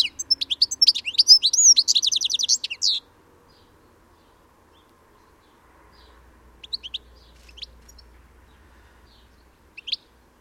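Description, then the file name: European goldfinch giving a rapid burst of bright, tinkling twittering notes for about three seconds, then quiet with a few scattered chirps later and a low hum. "Carduelis carduelis"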